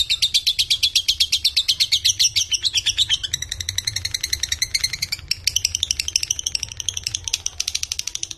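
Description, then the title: Lovebird chattering in a rapid run of high, buzzy chirps, steady at first then looser and more uneven toward the end. Konslet-style song, long continuous chattering. "Lovebird Konslet"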